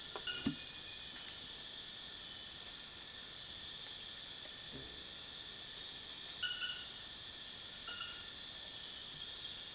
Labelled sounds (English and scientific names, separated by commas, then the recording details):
none
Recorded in dense forest near Puerto Asís, Putumayo, Colombia, on 25 June 2025 at 20:00
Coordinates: 0.484, -76.325
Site H65